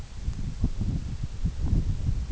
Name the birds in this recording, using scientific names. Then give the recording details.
none. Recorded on Arctic tundra, site EABA-MC, on 21 June 2019. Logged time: 20:00